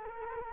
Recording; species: mosquito wingbeat signal from an infrared sensor; Culex quinquefasciatus